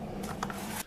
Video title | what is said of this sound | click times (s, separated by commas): Stihl Trimmer Head Removal & Brush Blade Install with REVIEW! | It's going to go all the way over until you hear that click in there. | 0.4 s